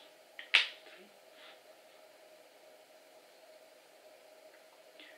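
A single-use plastic dulaglutide auto-injector pen is unlocked and held pressed against the thigh; a faint tick at 0.4 s comes just before a loud click at 0.6 s that marks the start of the injection. A much fainter click at 5.0 s marks the end of the dose, confirming the injection ran through.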